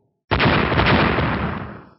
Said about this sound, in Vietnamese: Tiếng nổ như sấm rền vang lên, cấm chế trước người rung lắc dữ dội, sau đó nổi lên vô số vết rạn. Cấm chế nổ văng tung tóe, ngay đến hung thủ Cửu Anh cũng bị chấn văng.